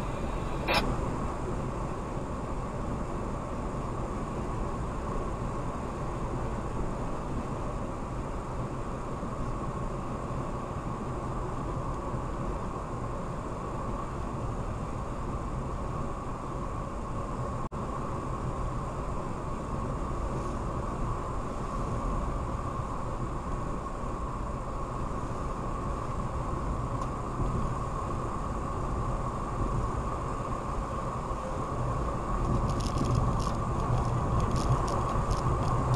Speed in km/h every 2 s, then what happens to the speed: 81, 82, 82, 82, 82, 81, 81, 79, 79, 77, 76, 74, 74, 72, 71, 71, 68, 69.
0-36 slows to 69.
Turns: none.